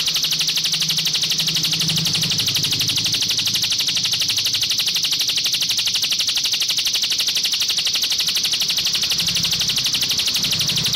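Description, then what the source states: Streaked spiderhunter song: a continuous, very steady run of high chipping notes at about four per second, with a faint low hum underneath. Masteran training recording for cage birds; bird described as gacor, singing actively, with a clear, long song.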